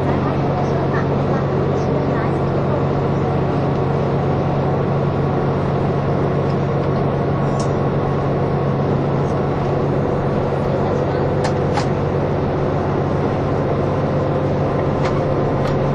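Onboard the KiHa 183 series diesel train "A-Train" Asoboy! between Kumamoto and Miyaji, the engine holds a steady, even low hum and drone. Faint murmurs and occasional brief clicks and ticks rise above it, notably around eight and twelve seconds.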